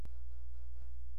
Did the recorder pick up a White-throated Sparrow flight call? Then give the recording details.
no. No flight call is heard. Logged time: 00:14 on 16 September 2014